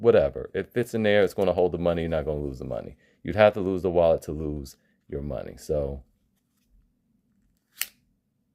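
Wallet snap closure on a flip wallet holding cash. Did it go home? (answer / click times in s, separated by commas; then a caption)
yes / 7.8 s. Someone talks for about six seconds about a flip wallet loaded with cash. After a short pause, the wallet's snap closure shuts with a single sharp snap at 7.8 s, confirming it has seated.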